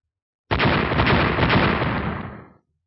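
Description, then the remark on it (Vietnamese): Three explosions from three Diệt Nhật Lôi erupt in quick succession and merge into one loud, roaring rumble that holds for about two seconds before fading away. No voices are heard. “Ba tiếng nổ vang liên tục nhất thời hấp dẫn sự chú ý của tất cả mọi người đang giao chiến xung quanh.”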